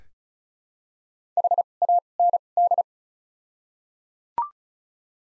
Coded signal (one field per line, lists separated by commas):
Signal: Morse code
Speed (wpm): 34 wpm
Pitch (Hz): 700 Hz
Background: none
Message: H A N D